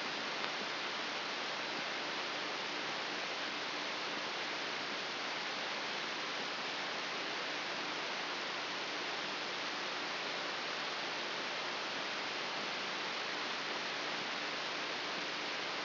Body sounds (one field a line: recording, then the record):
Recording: brain microelectrode recording played as sound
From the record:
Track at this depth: inside the subthalamic nucleus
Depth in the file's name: 3.099 mm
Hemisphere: left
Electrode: 3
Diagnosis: Parkinson's disease